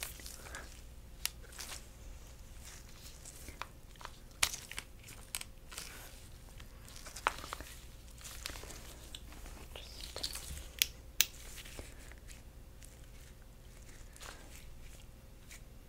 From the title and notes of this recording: Inspecting & Examining Objects. Glove Sounds.